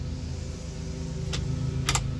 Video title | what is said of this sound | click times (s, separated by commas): Replacing Steering Wheel Clockspring in my 1997 Jeep TJ and not my 2011 Jeep JKU | okay got it in it's snapped in place the electrical connect connector is all snapped in place | 1.9 s, 2.0 s